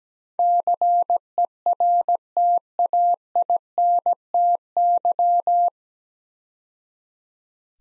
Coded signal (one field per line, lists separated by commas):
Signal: Morse code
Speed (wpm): 17 wpm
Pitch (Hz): 700 Hz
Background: none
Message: CERTAINTY